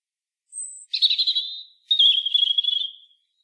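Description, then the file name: European robin song: one very high thin whistle followed by two longer, shimmering trilled phrases that fade away. "Erithacus rubecula"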